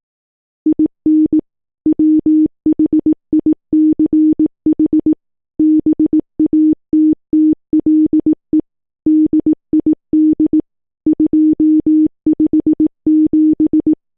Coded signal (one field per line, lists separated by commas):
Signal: Morse code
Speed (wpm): 18 wpm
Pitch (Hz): 310 Hz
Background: none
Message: IN WHICH BATTLE DID 257